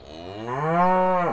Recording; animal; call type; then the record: contact call of a hoofed animal; cattle; low-frequency (closed-mouth) or high-frequency (open-mouth) call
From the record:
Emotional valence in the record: negative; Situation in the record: full separation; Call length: 1.33 s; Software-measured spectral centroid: 1200 Hz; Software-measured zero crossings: 1580 a second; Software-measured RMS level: -23 dBFS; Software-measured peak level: -9 dBFS